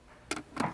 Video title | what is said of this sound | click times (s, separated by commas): KitchenAid 13-cup Food Processor Plus with Dicing Kit on QVC | here you go locks into place and now that is perfectly | 0.3 s